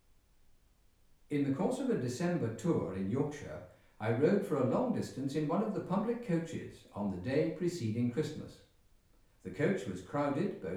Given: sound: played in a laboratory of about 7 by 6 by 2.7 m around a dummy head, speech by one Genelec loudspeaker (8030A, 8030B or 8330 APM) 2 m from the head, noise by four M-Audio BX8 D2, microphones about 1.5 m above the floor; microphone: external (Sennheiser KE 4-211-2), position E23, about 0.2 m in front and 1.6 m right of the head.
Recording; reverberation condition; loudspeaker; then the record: male speech in English; medium; behind (180 degrees)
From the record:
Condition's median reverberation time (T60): about 510 ms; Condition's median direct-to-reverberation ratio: about -0.5 dB